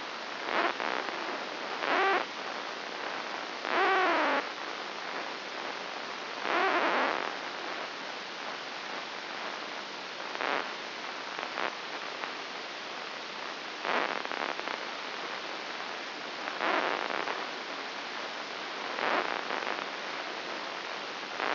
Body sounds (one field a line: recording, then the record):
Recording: brain microelectrode recording played as sound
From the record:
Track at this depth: inside the subthalamic nucleus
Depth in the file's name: 5.301 mm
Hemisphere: left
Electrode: 2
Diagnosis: Parkinson's disease